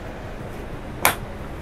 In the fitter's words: harus sampai rapat seperti tadi ya, sampai ada bunyi ceklek gitu.